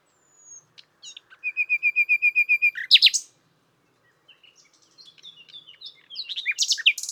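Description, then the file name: Common nightingale delivering a steady series of repeated notes and a loud burst, then after a pause varied chirps building up again. "Luscinia megarhynchos"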